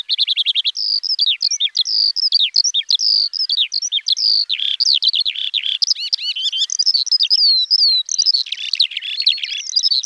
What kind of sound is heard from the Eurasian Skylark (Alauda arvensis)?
song